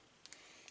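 A small release button is pressed on a Molex connector to unlatch the wire harness plug from the mating wideband controller connector, and the halves are pulled apart. A sharp double click is heard at 0.2 and 0.3 seconds, followed by a softer tick at 0.7 seconds. The connector is released and comes apart.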